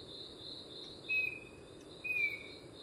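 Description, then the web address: Chestnut-backed antbird song: two clear, slightly falling whistled notes about a second apart, over a steady high insect drone. Recorded at Gandoca-Manzanillo, Costa Rica. "Gandoca-Manzanillo Aves myrmeciza exsul"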